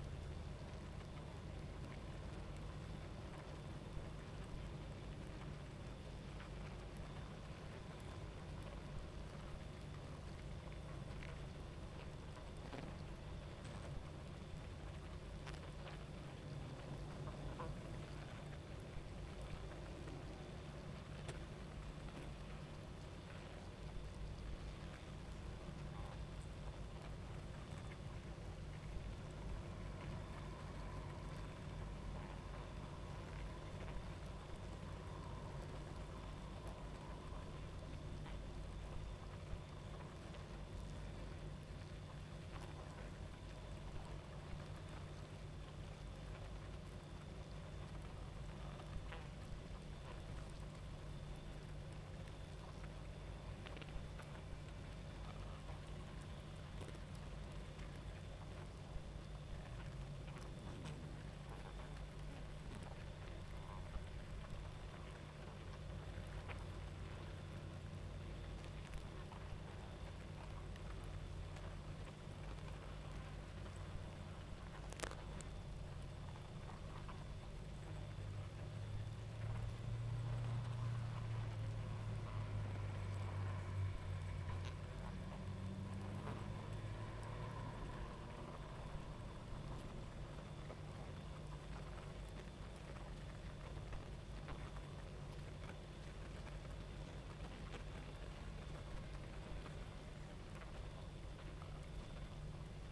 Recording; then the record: honeybee colony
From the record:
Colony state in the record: active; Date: 28 July 2017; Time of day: 23:34